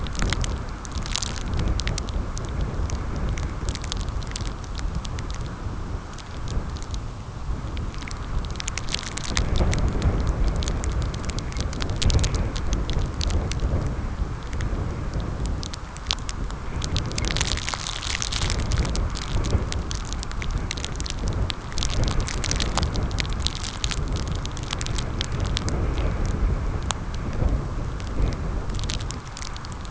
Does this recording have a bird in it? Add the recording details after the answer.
no. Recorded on Arctic tundra, site CORI-1, on 15 June 2018. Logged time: 12:00